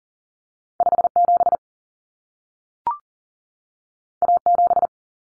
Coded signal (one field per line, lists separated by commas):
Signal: Morse code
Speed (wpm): 40 wpm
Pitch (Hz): 700 Hz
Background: none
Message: 57 A7